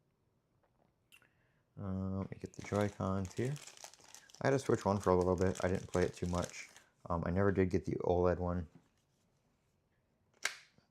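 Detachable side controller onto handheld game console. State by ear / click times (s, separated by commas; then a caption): seated / 10.4 s. Someone talks from about 1.8 to 8.7 s while handling a Nintendo Switch 2, followed by a short quiet pause. At 10.5 s, a detachable Joy-Con controller attached to the console's side rail snaps home with one sharp plastic snap, seating it firmly.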